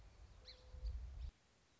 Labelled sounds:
Song Sparrow (Melospiza melodia)
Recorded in Sonoma County, California

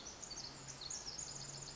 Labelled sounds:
Pacific Wren (Troglodytes pacificus)
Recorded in Sonoma County, California

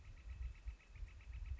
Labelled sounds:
Northern Flicker (Colaptes auratus)
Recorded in Sonoma County, California

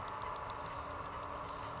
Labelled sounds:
California Towhee (Melozone crissalis)
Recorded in Sonoma County, California

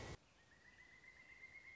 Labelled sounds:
Pileated Woodpecker (Dryocopus pileatus)
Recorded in Sonoma County, California

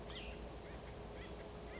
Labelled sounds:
Cassin's Vireo (Vireo cassinii)
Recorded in Sonoma County, California

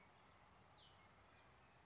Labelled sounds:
California Towhee (Melozone crissalis)
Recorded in Sonoma County, California

